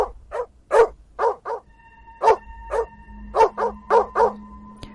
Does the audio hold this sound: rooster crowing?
no